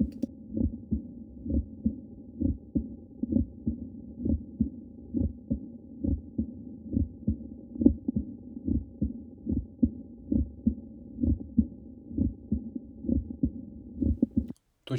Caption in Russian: Хорошо слышен митральный, трикуспидальный компоненты первого тона и артальный тон изгнания. Слышим следующие друг за другом три коротких щелчка на месте первого тона. После второго тона – тихий, убывающий, шипящий шум артальной регургитации.